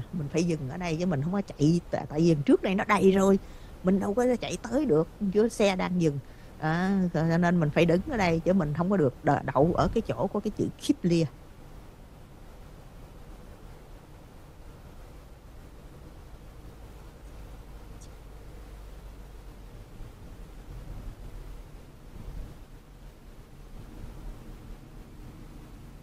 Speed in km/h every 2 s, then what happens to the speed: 60, 58, 58, 60, 60, 60, 60, 56, 53, 50, 45, 42, 35.
0-12 steady at about 60. 12-26 slows to 35.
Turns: none.